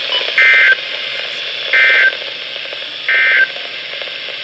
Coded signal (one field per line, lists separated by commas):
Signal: Emergency Alert System (SAME) tones